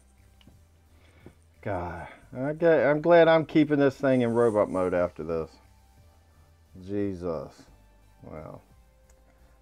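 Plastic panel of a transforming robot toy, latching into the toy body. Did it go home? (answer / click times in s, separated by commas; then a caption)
no / none. Plastic panels of a Transformers War for Cybertron Earthrise Seeker Elite Ramjet robot figure (Amazon exclusive) are pressed together against the toy body during transformation. Someone talks over a few faint, brief plastic taps. The panels do not latch, and nothing has clicked into place.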